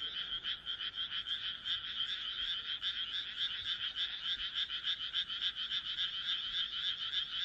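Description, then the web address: Frog croaking: many pulsed notes in a steady, throbbing rattle that carries on throughout. "kaeru kaeru"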